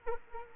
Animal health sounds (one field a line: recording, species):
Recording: mosquito wingbeat signal from an infrared sensor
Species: Culex quinquefasciatus